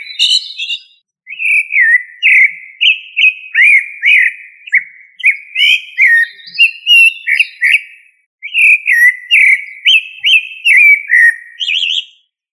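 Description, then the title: Thrush singing a flowing sequence of clear, warbled whistles, each phrase bending up or down, with brief gaps between bursts of notes. Thrush family (Turdidae). "Familia Turdidae - Sabia"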